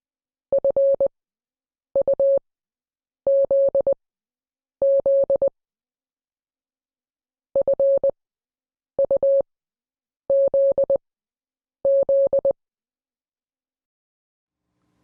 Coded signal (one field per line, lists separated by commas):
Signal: Morse code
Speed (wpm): 20 wpm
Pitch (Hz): 550 Hz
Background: none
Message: FUZZ FUZZ